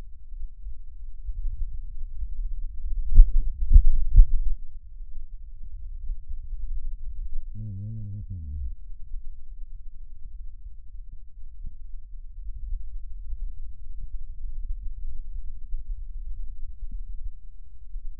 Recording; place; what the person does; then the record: lung sounds by stethoscope; right anterior apical chest; quiet breathing, then cough and speech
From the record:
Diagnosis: COPD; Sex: male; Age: 60 years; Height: 171 cm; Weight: 59.4 kg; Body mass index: 20.3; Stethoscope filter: bell mode